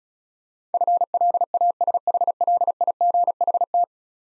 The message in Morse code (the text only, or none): FLASHLIGHT